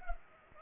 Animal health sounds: mosquito wingbeat signal from an infrared sensor; Culex pipiens

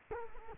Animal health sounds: mosquito wingbeat signal from an infrared sensor; Culex quinquefasciatus

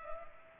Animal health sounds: mosquito wingbeat signal from an infrared sensor; Culex pipiens

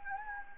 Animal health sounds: mosquito wingbeat signal from an infrared sensor; Anopheles gambiae

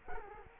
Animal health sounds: mosquito wingbeat signal from an infrared sensor; Culex quinquefasciatus

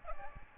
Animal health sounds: mosquito wingbeat signal from an infrared sensor; Aedes aegypti

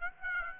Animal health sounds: mosquito wingbeat signal from an infrared sensor; Aedes aegypti

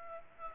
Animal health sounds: mosquito wingbeat signal from an infrared sensor; Aedes aegypti

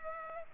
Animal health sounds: mosquito wingbeat signal from an infrared sensor; Culex pipiens

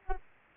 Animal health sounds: mosquito wingbeat signal from an infrared sensor; Aedes aegypti

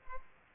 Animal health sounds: mosquito wingbeat signal from an infrared sensor; Culex pipiens

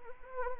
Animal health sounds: mosquito wingbeat signal from an infrared sensor; Anopheles arabiensis

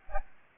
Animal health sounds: mosquito wingbeat signal from an infrared sensor; Aedes albopictus

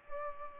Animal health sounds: mosquito wingbeat signal from an infrared sensor; Culex pipiens

